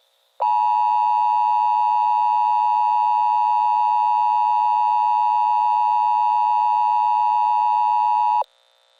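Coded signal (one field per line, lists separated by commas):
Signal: Emergency Alert System (SAME) tones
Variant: 853 and 960 Hz attention tone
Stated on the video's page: Fictional EAS scenario alert about a zombie virus.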